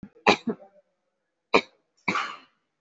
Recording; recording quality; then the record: shallow voluntary cough; excellent, no background noise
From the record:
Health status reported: respiratory illness, not identified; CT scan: taken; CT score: 0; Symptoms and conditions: cough, cold, pneumonia, hypertension, diabetes, another condition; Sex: female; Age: 68 years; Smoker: no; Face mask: not worn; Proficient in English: no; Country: India